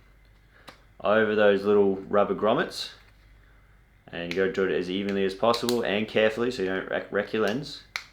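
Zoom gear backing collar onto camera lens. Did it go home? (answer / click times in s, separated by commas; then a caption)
no / none. The backing collar of a Nauticam underwater housing zoom gear is being pushed evenly and carefully over the small rubber grommets on a camera lens while someone talks. A faint short tick is heard at 0.7 s. Nothing has seated or clicked yet.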